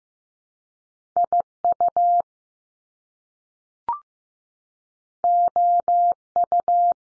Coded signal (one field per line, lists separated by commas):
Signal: Morse code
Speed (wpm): 15 wpm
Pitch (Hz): 700 Hz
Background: none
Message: I U O U